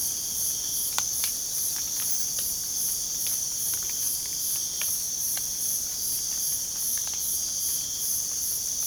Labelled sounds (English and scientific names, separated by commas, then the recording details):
none
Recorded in pastures near Puerto Asís, Putumayo, Colombia, on 25 June 2025 at 03:00
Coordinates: 0.497, -76.327
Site G040